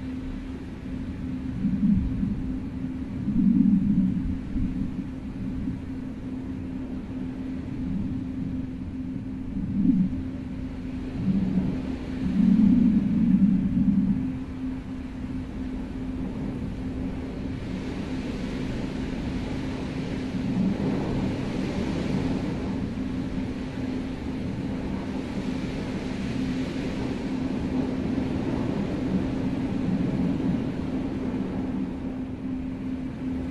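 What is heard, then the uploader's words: Tibetan bowls ring with a steady low hum that holds through the whole clip, swelling into brief louder strikes around 2–4, 10 and 12–14 seconds. Light wind blows underneath as a soft rushing, rising in airy gusts after about 17 seconds. Light to moderate wind blowing, a calm and uplifting environment, sounds of Tibetan bowls.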